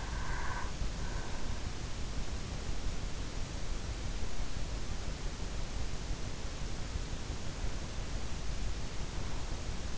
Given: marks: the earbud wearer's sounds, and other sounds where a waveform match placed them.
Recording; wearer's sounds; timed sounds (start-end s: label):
sounds in sleep by an in-ear microphone; teeth grinding
0.00-1.56 s: teeth grinding